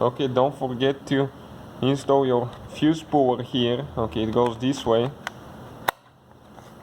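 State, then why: Seated. Someone talks while pressing the plastic fuse puller into its holder in the fuse box of a 2012–2018 Ford Focus Mk3, during a heated mirrors fuse replacement. A single sharp, loud click at 5.9 s marks the puller seating in place, followed by a few faint soft taps.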